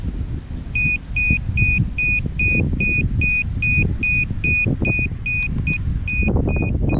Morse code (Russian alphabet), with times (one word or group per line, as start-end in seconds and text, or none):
none